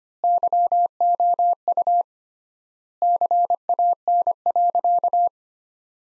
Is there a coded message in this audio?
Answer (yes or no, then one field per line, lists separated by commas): yes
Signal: Morse code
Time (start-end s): 0.2-5.3 s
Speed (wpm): 25 wpm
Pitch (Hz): 700 Hz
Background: none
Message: YOU CAN.